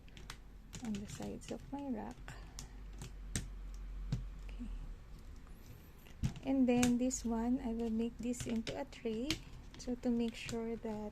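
Hooks are clipped onto the side of a foldable tool rack to hold it in place, with sharp clicks at 2.6 s and 3.4 s as they snap on. Someone talks before and after, and the hooks end up seated on the rack's side.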